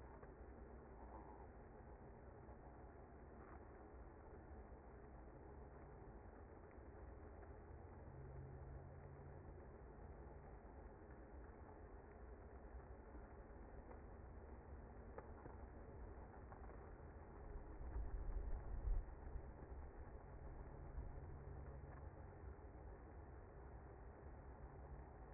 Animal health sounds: honeybee colony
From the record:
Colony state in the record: active

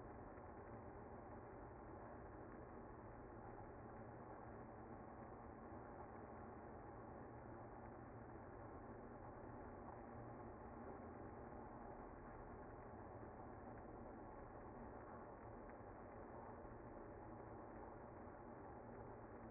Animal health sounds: honeybee colony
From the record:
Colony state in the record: active

